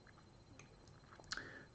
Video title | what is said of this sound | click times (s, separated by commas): Mega Construx - Masters Of The Universe - Land Shark Set Review | just put up here, and it clicks in, yeah. | 1.3 s